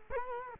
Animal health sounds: mosquito wingbeat signal from an infrared sensor; Culex quinquefasciatus

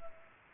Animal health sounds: mosquito wingbeat signal from an infrared sensor; Culex pipiens

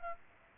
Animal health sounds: mosquito wingbeat signal from an infrared sensor; Aedes aegypti

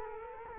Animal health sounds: mosquito wingbeat signal from an infrared sensor; Culex quinquefasciatus

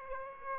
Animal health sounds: mosquito wingbeat signal from an infrared sensor; Aedes aegypti

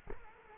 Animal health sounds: mosquito wingbeat signal from an infrared sensor; Culex quinquefasciatus

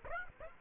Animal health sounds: mosquito wingbeat signal from an infrared sensor; Aedes aegypti

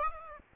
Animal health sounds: mosquito wingbeat signal from an infrared sensor; Aedes aegypti

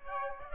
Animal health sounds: mosquito wingbeat signal from an infrared sensor; Aedes aegypti

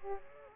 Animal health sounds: mosquito wingbeat signal from an infrared sensor; Aedes aegypti

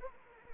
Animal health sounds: mosquito wingbeat signal from an infrared sensor; Anopheles arabiensis

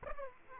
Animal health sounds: mosquito wingbeat signal from an infrared sensor; Aedes aegypti

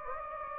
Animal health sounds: mosquito wingbeat signal from an infrared sensor; Anopheles gambiae

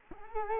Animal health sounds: mosquito wingbeat signal from an infrared sensor; Culex quinquefasciatus

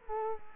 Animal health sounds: mosquito wingbeat signal from an infrared sensor; Culex quinquefasciatus

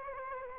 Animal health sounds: mosquito wingbeat signal from an infrared sensor; Aedes aegypti

